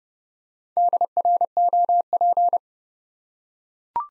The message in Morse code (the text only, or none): DROP